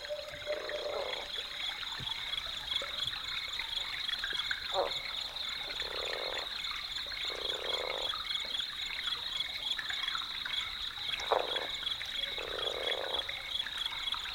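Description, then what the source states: Chiricahua leopard frog, low snoring croaks about a second long, repeated several times, over steady high cricket trilling. Recorded at a spring where water rises from underground; water gurgle and crickets also present.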